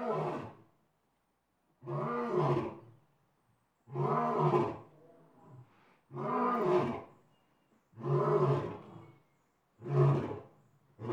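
Lion roaring: a series of deep, grunting bursts with layered low harmonics, repeated roughly every two seconds, with short moaning tails after some.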